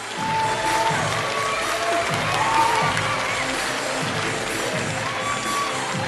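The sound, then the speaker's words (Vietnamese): A crowd claps and cheers steadily for several seconds for contestant number 3, a young girl, a dense wash of hand claps with excited voices and a few higher shouts rising above it, holding a fairly even loudness throughout. “Xin vì một tràng pháo tay thật lớn cho thí sinh số 3”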